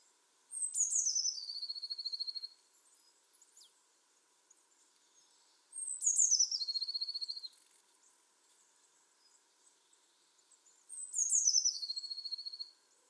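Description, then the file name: Eurasian blue tit repeating a phrase three times, roughly every five seconds: thin high notes that tumble down into a rapid, ringing trill. "Cyanistes caeruleus"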